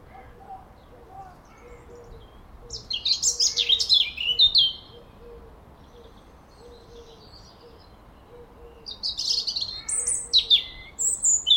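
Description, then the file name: European robin singing two separate bursts of high, jumbled twittering and thin whistles, with a soft low note repeated throughout. "Erithacus rubecula"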